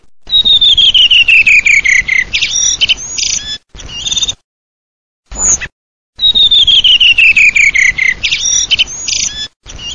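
Redwing song: a falling series of quick fluty notes followed by a short chattering twitter, given twice, with abrupt silent gaps between.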